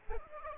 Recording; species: mosquito wingbeat signal from an infrared sensor; Aedes aegypti